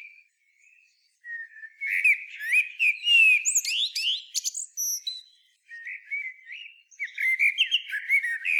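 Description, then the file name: Common blackbird: a few quiet low whistles, then a dense phrase of rising fluted notes and high squeaks, followed after a brief gap by another warbling phrase. "Turdus merula"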